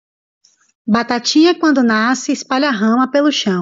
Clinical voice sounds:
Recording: short text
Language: Brazilian Portuguese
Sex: female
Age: 30 to 39 years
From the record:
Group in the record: control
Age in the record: 35 years

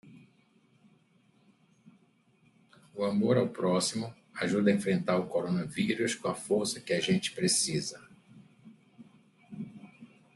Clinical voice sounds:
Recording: spoken sentence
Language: Brazilian Portuguese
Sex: male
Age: 60 to 69 years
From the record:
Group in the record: control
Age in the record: 69 years

